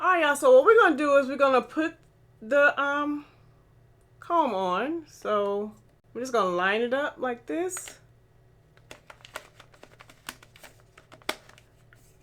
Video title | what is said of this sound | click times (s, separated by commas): T3 Featherweight Stylemax Dryer on Natural Hair #hairdryer #naturalhair | oh oh you hear it click you hear that | 11.3 s